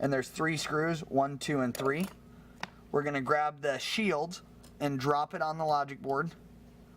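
Someone talks while handling the metal shield that covers the cable connectors and holds them to an iPhone 5 logic board, held in place by three screws. The shield is about to be dropped onto the logic board, and a faint tick comes at the very end. Nothing has seated or clicked into place yet.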